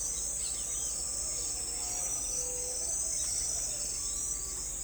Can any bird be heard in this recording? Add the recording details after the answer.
no. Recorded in forest near Pivijay, Magdalena, Colombia, on 2 June 2023 at 05:30. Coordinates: 10.467, -74.380. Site Z5-G034